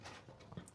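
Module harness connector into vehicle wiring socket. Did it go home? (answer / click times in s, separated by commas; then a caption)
no / none. A plastic wiring-harness plug for a Range Technology DFM & Stop/Start Disabler add-on module is handled and pushed toward the vehicle's wiring socket, giving short rustling and soft sharp taps around 0.5 s and 0.7 s. Nothing has seated or clicked yet; the latch clip has not engaged by the end.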